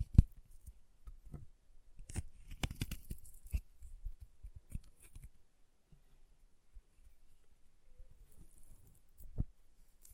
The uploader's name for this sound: Chalk Carving and Cutting Sounds